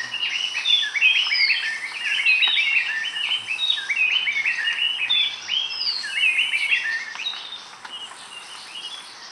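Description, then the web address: Gray-breasted wood-wren song, a dense run of rich whistled phrases between mid and high pitch, rising and falling notes tumbling together continuously for the whole stretch. Lower subtropical zone, Ecuador. "Natures Songs S America Birds of Ecuador Gray-breasted Wood-Wren (lower subtropical)"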